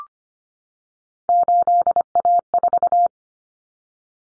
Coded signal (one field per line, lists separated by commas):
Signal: Morse code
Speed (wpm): 25 wpm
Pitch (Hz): 700 Hz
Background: none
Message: 8A4